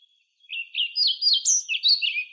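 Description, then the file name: European pied flycatcher singing a short, lively phrase of high, sweet notes that dip and rise; no other sounds. "Ficedula hypoleuca"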